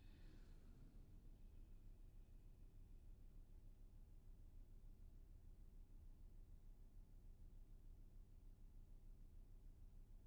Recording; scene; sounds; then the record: everyday scene through a hearing-aid microphone; in a vehicle; engine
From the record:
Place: VW T5 Caravelle, diesel engine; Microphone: behind the ear, left, front